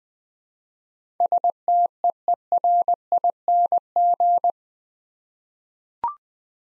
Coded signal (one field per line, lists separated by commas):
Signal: Morse code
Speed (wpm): 20 wpm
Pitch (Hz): 700 Hz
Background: none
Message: STEERING